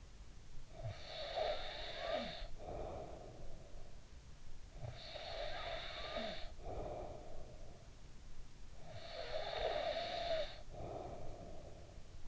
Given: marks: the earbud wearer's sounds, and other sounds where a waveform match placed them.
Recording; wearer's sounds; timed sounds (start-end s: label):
sounds in sleep by an in-ear microphone; snoring breath
0.00-4.31 s: snoring breath
4.51-8.51 s: snoring breath
8.68-12.28 s: snoring breath